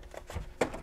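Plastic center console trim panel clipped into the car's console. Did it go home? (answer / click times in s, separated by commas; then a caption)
released / 0.6 s. A pry tool lifts a snapped-in plastic center console trim panel out of a Corvette's console, with faint scraping and small ticks at about 0.2 and 0.3 seconds. A sharp snap at 0.6 seconds is the retaining clips letting go, and the panel comes loose.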